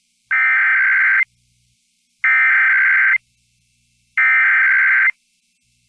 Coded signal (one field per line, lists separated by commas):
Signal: Emergency Alert System (SAME) tones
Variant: header bursts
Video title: EAS Required Monthly Test Wisconsin Statewide +WeatherSTAR4000